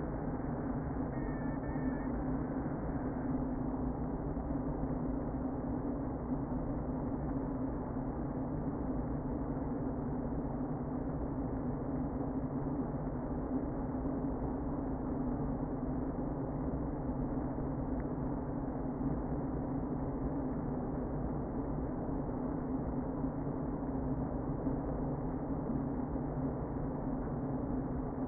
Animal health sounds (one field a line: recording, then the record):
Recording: honeybee colony, microphone inside the hive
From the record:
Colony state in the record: queen present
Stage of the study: before two queens were removed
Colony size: about 60,000 bees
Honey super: yes